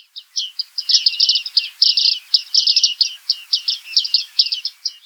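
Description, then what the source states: Bearded reedling calls, a rapid run of high, nasal ticking notes in uneven bursts, continuing throughout without pause. Recorded at the Wiedekiek bird hide.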